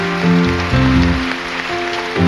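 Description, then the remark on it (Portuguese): A crowd claps steadily in a dense, continuous patter, applauding the word of the Lord, while sustained musical tones, like an organ or keyboard chord shifting, play over it throughout. “Aplauda a palavra do Senhor.”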